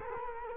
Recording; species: mosquito wingbeat signal from an infrared sensor; Culex quinquefasciatus